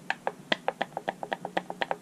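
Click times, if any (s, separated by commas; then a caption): none. A metal lid on a glass jar of home-canned fish is pressed repeatedly to test its seal, and it flexes up and down with a rapid series of sharp clicks. The lid has not seated or sealed down; it is a dead, unsealed jar.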